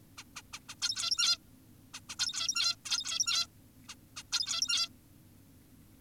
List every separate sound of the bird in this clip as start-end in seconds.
0.18-0.24, 0.36-0.42, 0.53-0.60, 0.69-0.75, 0.82-1.38, 1.94-2.00, 2.09-2.16, 2.19-2.76, 2.85-3.47, 3.89-3.95, 4.17-4.23, 4.32-4.89